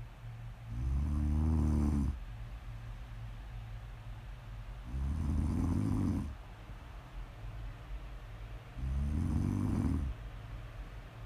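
Three loud, low, rattling snores, each lasting about one and a half seconds, recur about every four seconds, roughly 14 breaths a minute. Softer breathing fills the gaps in a quiet room. This is ordinary adult snoring, offered as ASMR for sleep and relaxation.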